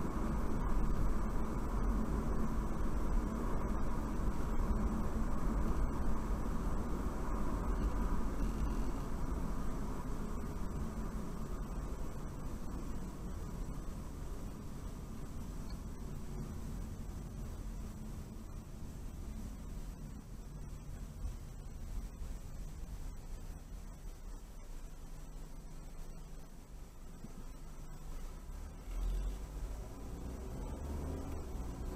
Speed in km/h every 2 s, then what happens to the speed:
60, 58, 58, 56, 48, 39, 32, 27, 24, 19, 13, 8, 3, 2, 8, 19.
0-7 steady at about 58. 7-25 slows to 2. 25-32 speeds up to 19.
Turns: none.